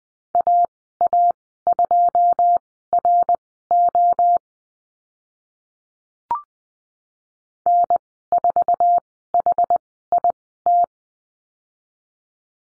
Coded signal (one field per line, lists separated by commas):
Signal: Morse code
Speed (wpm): 20 wpm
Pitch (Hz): 700 Hz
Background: none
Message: AA2RO N4HIT